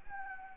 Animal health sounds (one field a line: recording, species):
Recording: mosquito wingbeat signal from an infrared sensor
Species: Anopheles arabiensis